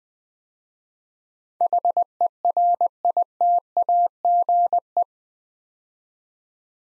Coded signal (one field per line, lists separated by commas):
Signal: Morse code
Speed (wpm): 20 wpm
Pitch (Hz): 700 Hz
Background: none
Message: HERITAGE